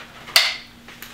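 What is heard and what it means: The second clip on the left side of a 2021 Bugaboo Bee 6 stroller, its black-and-white marked part lined up, is pushed onto the stroller frame mount. One loud, sharp plastic click at 0.4 s shows it seating into place, followed by a few faint, softer taps. The clip is seated.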